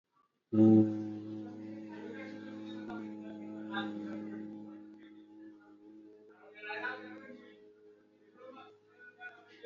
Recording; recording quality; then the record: sustained vowel as in boot; moderate, slight background noise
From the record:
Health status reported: healthy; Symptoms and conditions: none ticked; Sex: male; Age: 26 years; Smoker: not ticked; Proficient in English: yes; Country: India